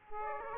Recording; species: mosquito wingbeat signal from an infrared sensor; Aedes aegypti